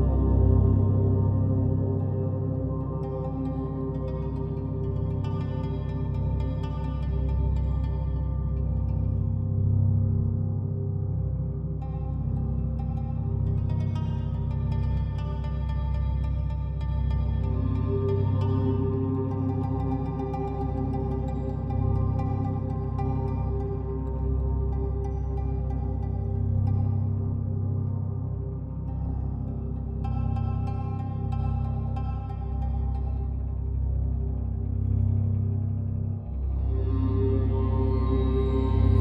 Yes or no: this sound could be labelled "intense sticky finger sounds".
no